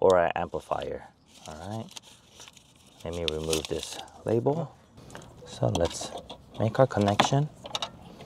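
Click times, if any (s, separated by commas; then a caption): none. Someone talks while handling a plastic plug-and-play amplifier wiring harness connector, about to be joined to the vehicle radio harness connector in a 2024 Toyota Tacoma without JBL. A few faint, brief handling ticks come near 2.5 s and 7.7 s. The connector has not yet seated or clicked in when the clip ends.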